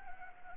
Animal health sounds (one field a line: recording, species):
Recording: mosquito wingbeat signal from an infrared sensor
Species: Anopheles gambiae